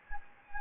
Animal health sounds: mosquito wingbeat signal from an infrared sensor; Anopheles gambiae

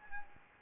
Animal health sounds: mosquito wingbeat signal from an infrared sensor; Anopheles gambiae

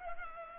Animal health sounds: mosquito wingbeat signal from an infrared sensor; Culex pipiens

